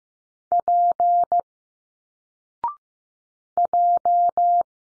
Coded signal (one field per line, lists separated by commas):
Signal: Morse code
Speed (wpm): 15 wpm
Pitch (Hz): 700 Hz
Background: none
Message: P J